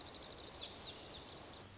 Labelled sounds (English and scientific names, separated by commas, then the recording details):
Lazuli Bunting (Passerina amoena)
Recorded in Sonoma County, California